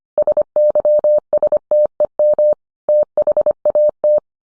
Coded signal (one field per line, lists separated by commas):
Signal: Morse code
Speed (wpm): 25 wpm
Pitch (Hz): 600 Hz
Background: none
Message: SYSTEM THAT